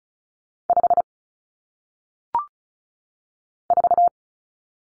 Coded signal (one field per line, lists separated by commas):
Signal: Morse code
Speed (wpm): 33 wpm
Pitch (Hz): 700 Hz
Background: none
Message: 5 4